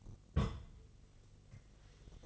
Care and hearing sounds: daily activity, microphone in the room; place on stove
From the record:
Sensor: 4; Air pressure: 1000.3 hPa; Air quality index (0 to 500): 216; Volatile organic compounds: 23 ppm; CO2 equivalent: 2793 ppm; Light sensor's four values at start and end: 9/20/8/8 and 9/20/8/8

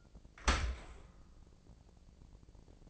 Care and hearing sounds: daily activity, microphone in the room; open dishwasher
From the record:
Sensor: 5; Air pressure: 1012.4 hPa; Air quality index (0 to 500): 157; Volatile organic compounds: 2 ppm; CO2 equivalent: 1067 ppm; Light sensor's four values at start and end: 115/275/117/132 and 114/274/116/131

